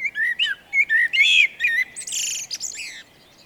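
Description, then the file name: Eurasian blackbird song: several rich whistled notes rising and falling, followed by a rapid squeaky high flourish. "Turdus merula"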